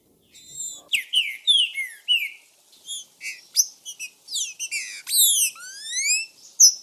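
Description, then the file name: Green-winged saltator song: a rapid, varied series of clear high notes, with many sharp downward sweeps and chirps in quick succession and short pauses between bursts. "CANTO TRINCA FERRO"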